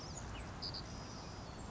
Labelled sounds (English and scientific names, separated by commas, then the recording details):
Savannah Sparrow (Passerculus sandwichensis)
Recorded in Sonoma County, California